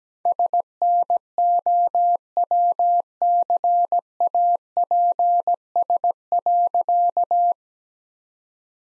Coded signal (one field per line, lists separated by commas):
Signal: Morse code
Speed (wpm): 17 wpm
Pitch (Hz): 700 Hz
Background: none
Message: SNOWCAPS.